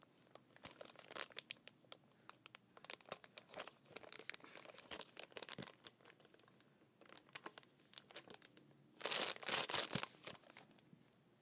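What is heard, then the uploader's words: A plastic water bottle wrapper is crinkled and crumpled in quick, irregular bursts of sharp, bright crackles throughout. The handling pauses briefly around eight seconds, then a louder, denser rustle near nine to ten seconds, like the wrapper being squeezed or torn. ASMR Water Bottle Wrapper.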